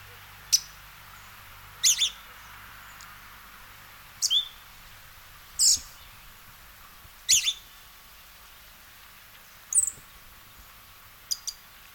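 Western red-legged thrush giving short, sharp, high calls, repeated irregularly every one to two and a half seconds, some doubled, over a faint steady hiss.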